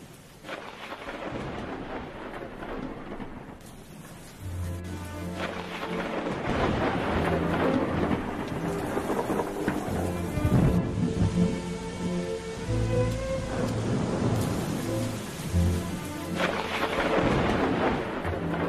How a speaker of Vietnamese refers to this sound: Ở ngoài trời vẫn cứ mưa tầm tã, sấm chớp lập lòe.